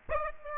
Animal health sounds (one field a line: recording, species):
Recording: mosquito wingbeat signal from an infrared sensor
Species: Aedes aegypti